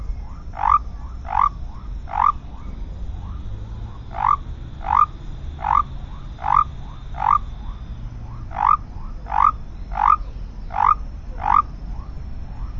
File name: Leptodactylus mystaceus